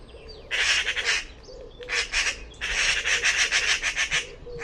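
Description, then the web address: Bird calling in rough, rasping bursts of pulses, with soft low tonal notes repeating quietly in the background. "cianscape birddata Deverinetal"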